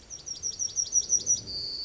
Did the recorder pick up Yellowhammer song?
yes